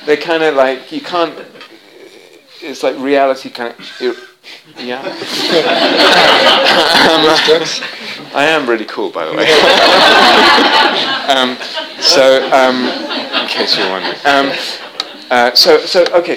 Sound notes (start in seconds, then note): 4.8 laughter; 9.4 laughter